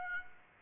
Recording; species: mosquito wingbeat signal from an infrared sensor; Aedes aegypti